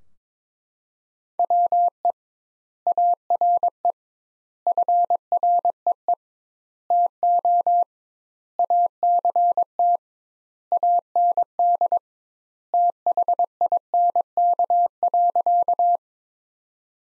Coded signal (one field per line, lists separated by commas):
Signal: Morse code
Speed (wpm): 21 wpm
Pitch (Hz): 700 Hz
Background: none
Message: WE ARE FREE TO ACT AND THINK.